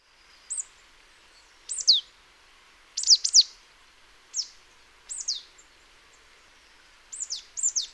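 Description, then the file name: Marsh tit calls: sharp, high downslurred notes, single or in quick pairs and triplets, given in irregular bursts over a faint background hiss. "Poecile palustris"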